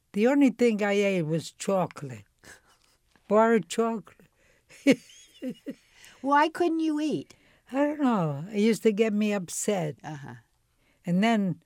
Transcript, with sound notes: The only thing I ate was chocolate, bar of chocolate. (laughs)
Why couldn't you eat?
I don't know. It used to get me upset. And then